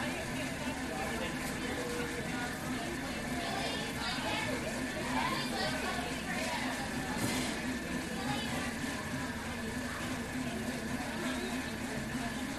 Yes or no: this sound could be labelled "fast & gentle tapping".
no